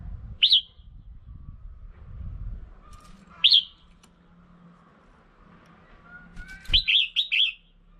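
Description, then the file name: Red-whiskered bulbul calling: two single sharp upward chirps, then a fast three-note warbled phrase, over faint low background noise. Female bird. "tieng chao mao mai"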